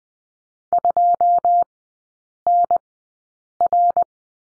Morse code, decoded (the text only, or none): 2NR